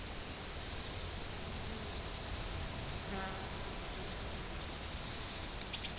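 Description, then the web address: Insects keep up a continuous high, shimmering buzz. Insects recorded in nature. "allathangok termeszetben rovarok 2014 varbocutan"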